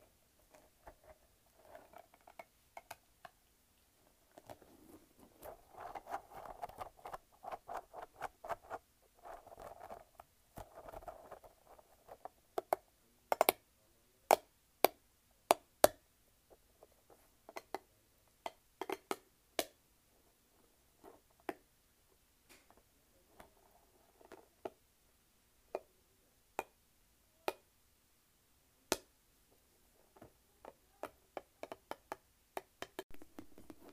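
A light-up spiky ball being handled, making dense bursts of soft patters and rubbery ticks through the first twelve seconds. After that the sound thins to sharp, isolated clicks every second or two, with short scattered clusters of lighter taps between them.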